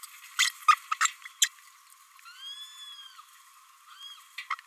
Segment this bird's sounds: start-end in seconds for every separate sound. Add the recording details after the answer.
0.38-0.53, 0.68-0.76, 0.91-0.94, 1.01-1.09, 1.41-1.49, 4.50-4.55. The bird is a female. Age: 29 days. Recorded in a nest box in Venezuela. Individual 17B32A5